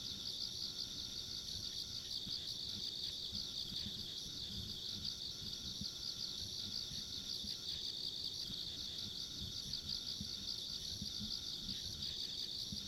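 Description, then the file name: Insects fill the air with an even, high-pitched buzzing chorus and fluttering trills, with a muffled low rumble in the background. Ambient insect sounds along a rural country road. "田舎道の虫の環境音"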